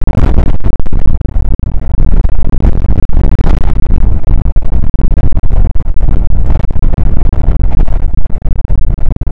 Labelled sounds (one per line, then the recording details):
wind
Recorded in the Prudhoe Bay oil fields, Alaska, on 2 August 2019 at 01:33
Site 29